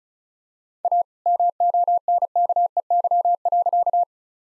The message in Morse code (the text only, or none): A MONKEY.